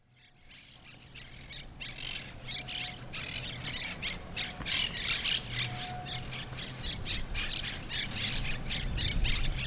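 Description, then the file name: Monk parakeet flock squawking, harsh screechy calls tumbling over one another almost continuously, growing louder toward the end, with low rumbling background noise. Brooklyn. "brooklyn parrots"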